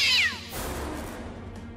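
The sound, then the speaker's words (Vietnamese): A single meow from a black cat inside a car, heard as the car door opens at the Mai Châu district police station; high and descending in pitch, lasting about a quarter second, followed by a soft low rumbling background with no speech. “Vừa mở cửa thì từ bên trong xe khẽ vang lên một tiếng mèo kêu.”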